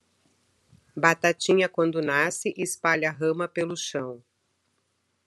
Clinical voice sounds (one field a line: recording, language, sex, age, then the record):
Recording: short text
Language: Brazilian Portuguese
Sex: female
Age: 50 to 59 years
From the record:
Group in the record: control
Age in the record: 54 years